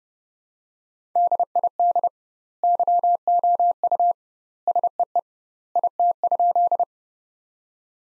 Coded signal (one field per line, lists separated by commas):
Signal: Morse code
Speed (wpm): 30 wpm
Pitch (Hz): 700 Hz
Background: none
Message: DID YOU SEE IT?